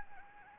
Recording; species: mosquito wingbeat signal from an infrared sensor; Anopheles gambiae